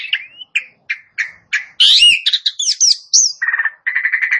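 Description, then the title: Asian pied starling song opening with spaced single chirps, then a burst of squeaky slurred whistles and ending in rough buzzy rattles. Starts singing in less than a minute. "Belum Satu Menit Jalak Suren Langsung Bunyi"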